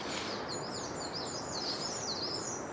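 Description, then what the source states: Crested Tit song: a very high, rapid trilling vibration of thin notes over a steady background hiss. Heard during a walk in a forest of over 10,000 hectares; very high-pitched vibration like a marble bouncing quickly on tiles; bird passes overhead.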